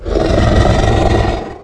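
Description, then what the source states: Bear growl, a deep, rough, continuous roar held steadily for under two seconds before cutting off. Described as a bear attack sound.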